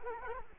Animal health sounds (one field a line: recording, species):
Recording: mosquito wingbeat signal from an infrared sensor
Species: Culex quinquefasciatus